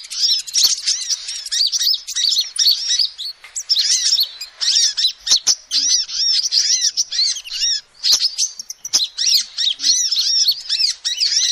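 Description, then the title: Lovebird chattering, long runs of piercing high twitters and curved squeaks with short gaps, a few sharp clicks scattered through. Used as a lure (pikat) to trap birds. "PIKAT BURUNG LOVEBIRD"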